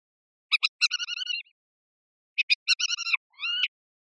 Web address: Capped wheatear. صدای-پرنده-چکچک-کلاهدار